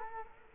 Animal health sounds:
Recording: mosquito wingbeat signal from an infrared sensor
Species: Culex quinquefasciatus

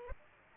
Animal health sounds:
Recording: mosquito wingbeat signal from an infrared sensor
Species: Aedes aegypti

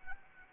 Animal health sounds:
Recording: mosquito wingbeat signal from an infrared sensor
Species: Anopheles arabiensis

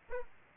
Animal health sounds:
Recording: mosquito wingbeat signal from an infrared sensor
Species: Aedes aegypti

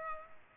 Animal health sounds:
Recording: mosquito wingbeat signal from an infrared sensor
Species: Culex pipiens

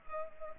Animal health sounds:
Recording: mosquito wingbeat signal from an infrared sensor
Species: Culex pipiens

